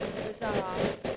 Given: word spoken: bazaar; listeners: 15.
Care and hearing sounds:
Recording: one English word in noise, from a listening test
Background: noise modulated by three-talker babble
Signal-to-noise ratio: -6.2 dB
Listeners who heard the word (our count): 0 of 15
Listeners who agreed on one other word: 13 of 15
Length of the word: 0.76 s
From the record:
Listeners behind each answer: 13, 1, 1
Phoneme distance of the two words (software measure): 10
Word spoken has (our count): 2 syllables, 4 phonemes, stress on syllable 2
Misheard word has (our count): 2 syllables, 4 phonemes, stress on syllable 2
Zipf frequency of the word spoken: 2.90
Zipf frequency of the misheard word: 4.22

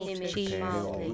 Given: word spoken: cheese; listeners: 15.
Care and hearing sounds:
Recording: one English word in noise, from a listening test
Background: four-talker babble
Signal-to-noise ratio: -2.0 dB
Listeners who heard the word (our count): 6 of 15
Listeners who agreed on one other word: 8 of 15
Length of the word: 0.74 s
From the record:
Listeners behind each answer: 8, 6, 1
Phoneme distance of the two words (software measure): 37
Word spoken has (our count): 1 syllable, 3 phonemes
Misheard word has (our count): 2 syllables, 4 phonemes, stress on syllable 1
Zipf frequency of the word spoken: 4.81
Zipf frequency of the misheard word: 4.64

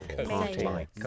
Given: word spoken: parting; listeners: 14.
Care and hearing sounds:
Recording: one English word in noise, from a listening test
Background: four-talker babble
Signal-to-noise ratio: -1.9 dB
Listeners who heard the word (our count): 1 of 14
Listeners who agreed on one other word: 6 of 14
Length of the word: 0.67 s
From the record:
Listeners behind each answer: 6, 2, 1, 1, 1, 1, 1, 1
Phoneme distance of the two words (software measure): 17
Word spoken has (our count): 2 syllables, 5 phonemes, stress on syllable 1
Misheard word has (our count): 2 syllables, 4 phonemes, stress on syllable 1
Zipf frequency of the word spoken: 3.46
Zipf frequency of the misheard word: 5.53

